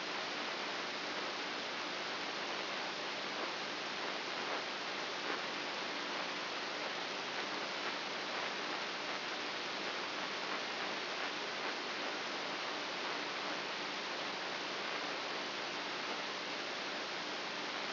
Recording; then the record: brain microelectrode recording played as sound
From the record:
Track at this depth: inside the subthalamic nucleus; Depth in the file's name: 5.24 mm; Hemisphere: right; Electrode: 2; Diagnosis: Parkinson's disease